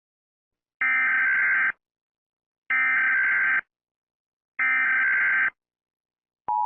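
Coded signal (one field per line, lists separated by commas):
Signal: Emergency Alert System (SAME) tones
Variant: header bursts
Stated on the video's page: Fictional EAS scenario for a made-up hurricane.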